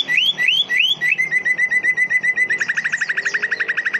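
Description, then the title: Leafbird: three rising whistled slurs, then a fast, even series of chirps that turns into quicker, harsher stuttering notes. "CUCAK IJO"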